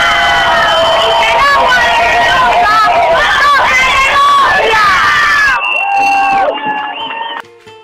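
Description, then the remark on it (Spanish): A loud, dense protest crowd filling the streets in Mendoza shouts and chants in unison that law 7722 must not be touched, many voices rising and falling together, before the roar thins out near the end into a few scattered voices. “Pero a pesar de ello, consciente de lo que estaba en juego, en toda Mendoza, el pueblo colmó como nunca las calles, rutas y plazas, con acampes, cortes, movilizaciones masivas, celebraciones, gritando que la ley 7722 no se toca.”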